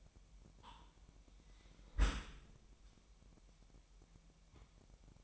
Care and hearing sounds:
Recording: daily activity, microphone in the room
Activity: close dishwasher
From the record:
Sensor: 1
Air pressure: 998.3 hPa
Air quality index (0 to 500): 140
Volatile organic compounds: 4 ppm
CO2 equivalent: 1670 ppm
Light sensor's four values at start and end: 16/55/22/22 and 16/55/22/22

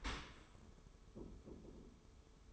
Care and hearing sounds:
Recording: daily activity, microphone in the room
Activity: open dishwasher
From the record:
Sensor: 1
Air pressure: 1015.0 hPa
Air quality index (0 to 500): 26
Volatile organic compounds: 1 ppm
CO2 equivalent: 507 ppm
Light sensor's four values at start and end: 13/30/12/13 and 13/30/12/13

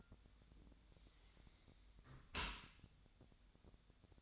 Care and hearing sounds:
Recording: daily activity, microphone in the room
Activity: close dishwasher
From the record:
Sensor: 3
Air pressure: 1006.7 hPa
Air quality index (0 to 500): 207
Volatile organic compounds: 19 ppm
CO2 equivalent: 2645 ppm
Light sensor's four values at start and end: 10/25/10/10 and 10/25/10/10

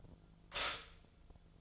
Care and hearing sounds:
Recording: daily activity, microphone in the room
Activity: stop toaster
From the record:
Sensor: 5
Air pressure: 1009.4 hPa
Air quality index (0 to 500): 169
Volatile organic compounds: 4 ppm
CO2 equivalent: 1634 ppm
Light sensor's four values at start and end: 81/217/87/90 and 84/226/91/95

